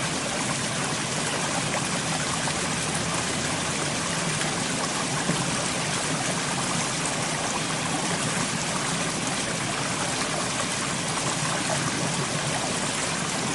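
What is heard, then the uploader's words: A small mountain stream runs steadily, a dense, even rush of water with a bright, hissing top and fine babbling detail throughout. The flow stays constant from start to finish, full, with a faint low rumble underneath and no other sounds. Sit back and relax to the sounds of this small mountain stream.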